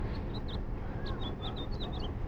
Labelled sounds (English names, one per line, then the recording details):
House Finch song
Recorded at Valley Stream on Long Island, New York, on 17 June 1975
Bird AD